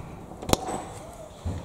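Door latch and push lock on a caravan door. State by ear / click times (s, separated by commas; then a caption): seated / 0.5 s. A caravan door with a sprung catch is closed until it latches, then locked and its push lock pressed in, giving one sharp click at 0.5 s and a softer low thud near 1.5 s. The door latch and push lock are seated.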